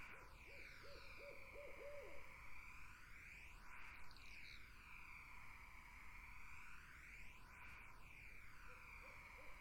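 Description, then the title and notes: Barred owls open with a quick cascade of short hoots, then fall quiet; a few faint hoots return at the end, under a steady phasing hiss. Wetland in summer. "Barred Owls in a Summer Wetland. The Wild Life"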